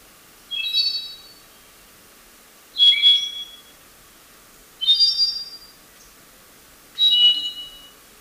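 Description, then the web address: Andean solitaire song: four high, ethereal phrases of clustered ringing notes, repeated about every two seconds, with quiet gaps between them. Ecuador. "Birds of Ecuador. Andean Solitaire"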